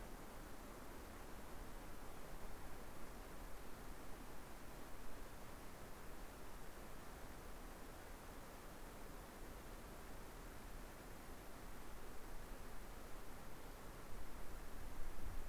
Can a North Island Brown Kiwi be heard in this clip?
no